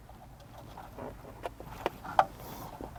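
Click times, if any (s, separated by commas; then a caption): none. Plastic plug-and-play amplifier harness connectors are handled at the car's speaker and power connectors behind the screen of a 2023 Toyota Crown. Quiet rustling and a few short, sharp plastic taps are heard, the loudest near 1.9 s and 2.2 s. Nothing has seated or clicked in yet.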